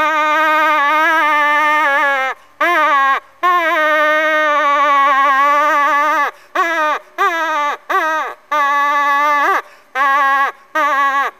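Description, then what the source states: Moose calf calling in long, wavering nasal bleats mixed with shorter clipped ones, pitch dipping at each ending, with almost no pause between calls. Moose calf, recorded in summer.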